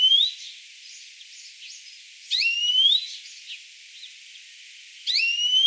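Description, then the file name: European greenfinch giving rising wheezy nasal calls, three, with faint softer bird notes in between. "Chloris chloris"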